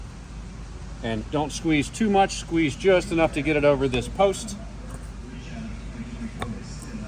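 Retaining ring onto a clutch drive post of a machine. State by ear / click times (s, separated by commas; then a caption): seated / 6.4 s. Someone talks while a new metal retaining ring is squeezed just enough to pass over the clutch drive post of a VALOR machine during a clutch replacement; a new ring is used because retaining rings are never reused. The ring is pushed on and snaps into its groove with a short, sharp click at 6.4 s, seating firmly on the post.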